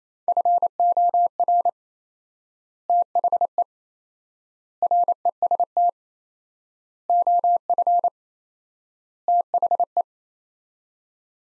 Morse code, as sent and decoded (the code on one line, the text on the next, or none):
..-. --- .-. / - .... . / .-. . ... - / --- ..-. / - .... .
FOR THE REST OF THE